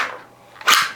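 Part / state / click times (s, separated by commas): pistol trigger guard into holster retention / not seated / none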